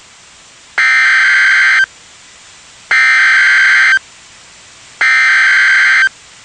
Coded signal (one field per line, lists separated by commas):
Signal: Emergency Alert System (SAME) tones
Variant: header bursts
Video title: Tornado Warning (EAS #381)